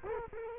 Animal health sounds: mosquito wingbeat signal from an infrared sensor; Culex quinquefasciatus

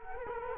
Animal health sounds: mosquito wingbeat signal from an infrared sensor; Culex quinquefasciatus

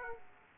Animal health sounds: mosquito wingbeat signal from an infrared sensor; Aedes aegypti

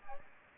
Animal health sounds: mosquito wingbeat signal from an infrared sensor; Aedes aegypti

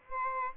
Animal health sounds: mosquito wingbeat signal from an infrared sensor; Aedes albopictus

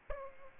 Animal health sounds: mosquito wingbeat signal from an infrared sensor; Aedes aegypti

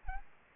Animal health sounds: mosquito wingbeat signal from an infrared sensor; Aedes aegypti

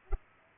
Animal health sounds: mosquito wingbeat signal from an infrared sensor; Culex pipiens

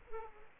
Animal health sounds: mosquito wingbeat signal from an infrared sensor; Aedes aegypti

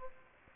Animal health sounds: mosquito wingbeat signal from an infrared sensor; Aedes aegypti

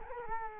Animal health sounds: mosquito wingbeat signal from an infrared sensor; Culex quinquefasciatus

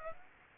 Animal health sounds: mosquito wingbeat signal from an infrared sensor; Aedes aegypti

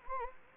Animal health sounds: mosquito wingbeat signal from an infrared sensor; Anopheles gambiae

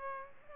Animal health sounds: mosquito wingbeat signal from an infrared sensor; Culex pipiens

